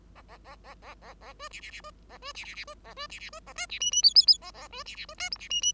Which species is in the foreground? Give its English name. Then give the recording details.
Bengalese Finch. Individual Bird5